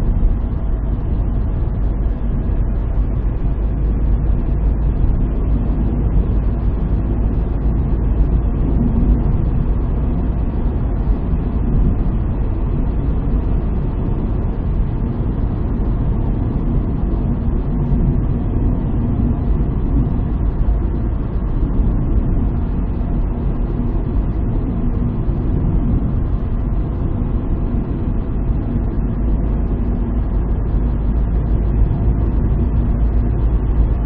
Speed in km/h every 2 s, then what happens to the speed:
71, 72, 74, 75, 77, 78, 78, 78, 78, 77, 75, 76, 73, 71, 73, 74, 76.
0-10 speeds up to 78. 10-34 steady at about 76.